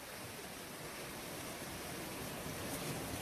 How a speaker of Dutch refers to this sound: Dat geluid van de zee, wat ik heerlijk vind, dat ik er als het ware in mee kan gaan, in dat ritme. Golven, dat is net als er een ruimte komt in je lichaam.